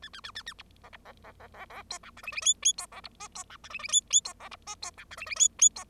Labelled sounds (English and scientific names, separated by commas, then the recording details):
Bengalese Finch (Lonchura striata domestica) song
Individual Bird0